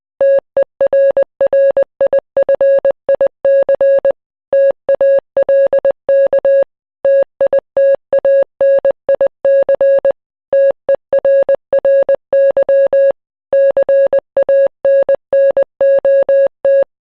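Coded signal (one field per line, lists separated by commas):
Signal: Morse code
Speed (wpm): 20 wpm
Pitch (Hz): 550 Hz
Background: none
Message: TERRIFIC TALK TITANIC TERRY CANNOT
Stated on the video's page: Heard at a Titanic exhibition that features a model of the ship's Marconi wireless room.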